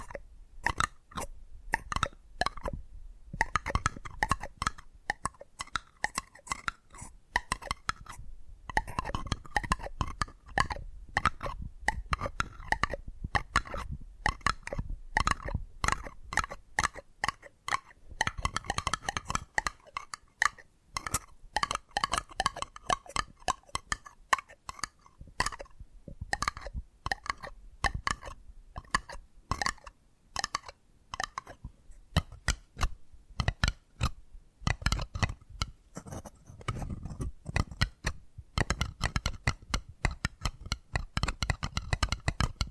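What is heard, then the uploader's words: Rapid fingertip tapping runs through the whole recording, sharp clicky hits packed densely in quick bursts with brief gaps between runs. The tapping changes character every few seconds, some passages crisp and bright, others duller with a thicker low thud, as different surfaces are tapped. ASMR 10 Addictive Tapping Triggers. (No Talking).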